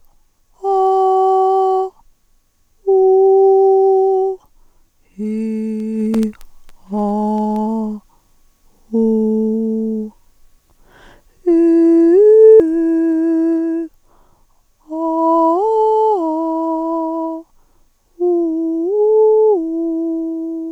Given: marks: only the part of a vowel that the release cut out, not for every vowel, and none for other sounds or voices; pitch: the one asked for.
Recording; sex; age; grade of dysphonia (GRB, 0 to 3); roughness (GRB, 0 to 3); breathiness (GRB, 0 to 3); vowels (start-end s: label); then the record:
sustained vowels; female; 50 to 59 years; 2; 0; 2
0.75-1.76 s: vowel /a/, high pitch
3.10-4.18 s: vowel /u/, high pitch
5.28-5.99 s: vowel /i/, low pitch
8.98-9.69 s: vowel /u/, low pitch
11.73-12.57 s: vowel /i/, low-high-low pitch
15.24-16.70 s: vowel /a/, low-high-low pitch
18.31-20.13 s: vowel /u/, low-high-low pitch
From the record:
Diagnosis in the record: dysodia (singing voice disorder), hyperfunctional dysphonia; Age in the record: 54 years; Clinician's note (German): Zustand nach Knötchenabtragung vor 18 Jahren, aktuell keine Knötchen